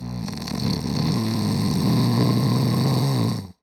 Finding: Human Male Snoring.